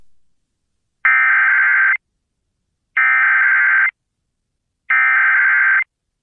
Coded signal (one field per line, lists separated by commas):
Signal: Emergency Alert System (SAME) tones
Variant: header bursts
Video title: EAS #1170: EAS Dust Storm Warning- May 13, 2026- 10:09AM PDT